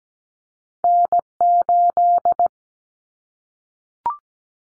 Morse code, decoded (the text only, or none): N8